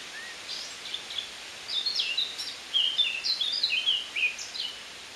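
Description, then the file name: Eurasian blackcap song, a soft scratchy note first, then a fast, jumbled warbling phrase of bright high notes lasting nearly three seconds, with light hiss behind. "Sylvia atricapilla"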